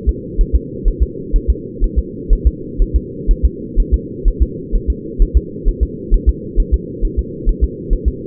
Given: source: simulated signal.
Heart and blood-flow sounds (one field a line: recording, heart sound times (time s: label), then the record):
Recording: fetal heart sounds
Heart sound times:
0.09 s: S2
0.41 s: S1
0.55 s: S2
0.88 s: S1
1.03 s: S2
1.36 s: S1
1.50 s: S2
1.84 s: S1
1.99 s: S2
2.33 s: S1
2.47 s: S2
2.82 s: S1
2.96 s: S2
3.31 s: S1
3.45 s: S2
3.80 s: S1
3.94 s: S2
4.28 s: S1
4.42 s: S2
4.75 s: S1
4.90 s: S2
5.22 s: S1
5.37 s: S2
5.68 s: S1
5.83 s: S2
6.14 s: S1
6.29 s: S2
6.60 s: S1
6.74 s: S2
7.05 s: S1
7.19 s: S2
7.49 s: S1
7.64 s: S2
7.93 s: S1
8.08 s: S2
From the record:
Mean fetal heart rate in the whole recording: 130 bpm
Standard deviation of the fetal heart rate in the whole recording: 4 bpm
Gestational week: 38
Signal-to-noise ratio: -4.1 dB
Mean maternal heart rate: no maternal heart sound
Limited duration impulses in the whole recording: absent